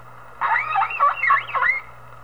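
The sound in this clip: Whale call: a wavering, warbling series of rising and falling squeals and whistles lasting over a second, over a steady low hum.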